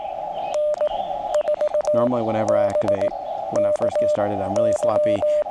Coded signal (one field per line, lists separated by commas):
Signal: Morse code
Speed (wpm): 18 wpm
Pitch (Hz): 600 Hz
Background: speech, radio noise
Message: N4BKY